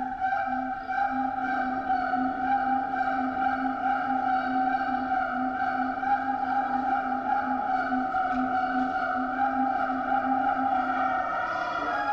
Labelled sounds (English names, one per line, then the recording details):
Siamang
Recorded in captivity
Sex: pair
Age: adult
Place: Zoo Berlin, Berlin, DE
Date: 1984-09-28 11:45
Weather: heiter, 14°C
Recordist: Tembrock, Günter
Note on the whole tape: Paar-Duette. Tiere halten sich innen auf. Aufnahmen von außen